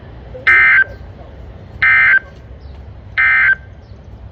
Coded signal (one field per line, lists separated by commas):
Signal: Emergency Alert System (SAME) tones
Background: speech